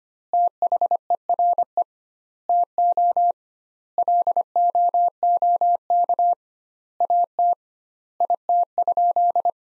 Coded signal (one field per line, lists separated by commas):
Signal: Morse code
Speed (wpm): 25 wpm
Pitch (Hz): 700 Hz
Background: none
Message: THERE TO LOOK AT IT?